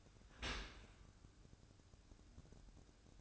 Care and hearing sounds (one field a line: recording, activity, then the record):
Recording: daily activity, microphone in the room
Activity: open dishwasher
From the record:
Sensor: 2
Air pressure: 1012.1 hPa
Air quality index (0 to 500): 148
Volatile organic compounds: 2 ppm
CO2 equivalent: 1085 ppm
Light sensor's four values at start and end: 289/713/287/286 and 290/716/289/288